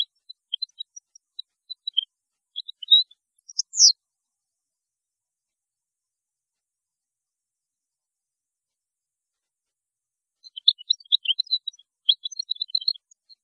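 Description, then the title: European goldfinch song: scattered high, tinkling twitters for about four seconds, a long silence, then a denser burst of rapid chattering notes near the end. "Chant Chardonneret"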